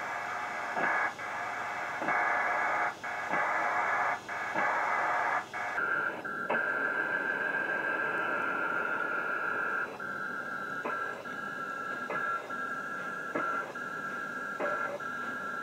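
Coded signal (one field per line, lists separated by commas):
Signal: HF data modem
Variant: PACTOR 4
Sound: dense hissing data bursts with short regular pauses, then a steady whine over the hiss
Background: radio static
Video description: data transmission on shortwave radio with PACTOR level 4 modem SCS P4dragon DR7800 and ICOM 7600 radio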